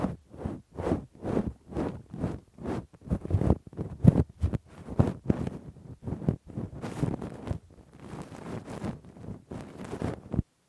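Rough, deep scraping and rubbing of an ear with a Q-tip and ear pick, in quick rhythmic strokes about three per second. Each stroke is a scratchy burst with a low thump, steady at first, then denser and more irregular after about six seconds.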